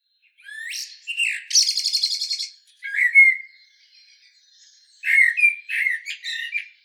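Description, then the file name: Common blackbird singing: short notes and a buzzy, rattling high twitter, then a fluted whistle, and after a pause a warbled phrase with sharp high notes. "Turdus merula"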